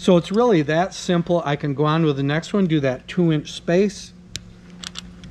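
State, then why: Seated. Someone talks for about four seconds, then a Facid crimp clip is squeezed shut with crimping pliers until the jaws reach their stop. The clip locks with a sharp little click at 4.4 s, followed by a few faint ticks near 4.9 s, 5.0 s and 5.2 s. The clip is closed and seated.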